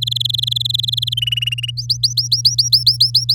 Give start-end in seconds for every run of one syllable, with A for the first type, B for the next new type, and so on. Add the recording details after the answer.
0.01-1.14 A, 1.17-1.71 B, 1.77-3.34 C. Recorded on 6 May 2018 at 08:59. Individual llb16